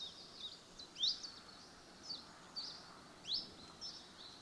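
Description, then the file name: Common chiffchaff song: short, high, sharply rising notes spaced irregularly, two louder than the rest, over a faint steady high-pitched hiss. "Tjiftjaf"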